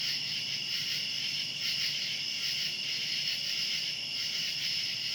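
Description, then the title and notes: High, steady cicada buzzing from many insects, a bright unbroken drone with slight throbbing and nothing else prominent. Outdoors at night. "Ext. Cicadas, Night by Bandeto"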